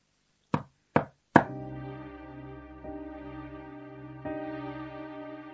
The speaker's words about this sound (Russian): Теперь остается только постучать в дверь.